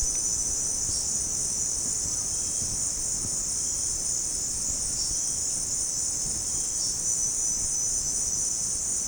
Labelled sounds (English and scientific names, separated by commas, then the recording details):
none
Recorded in pastures near Puerto Asís, Putumayo, Colombia, on 25 June 2025 at 16:30
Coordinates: 0.496, -76.326
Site GP01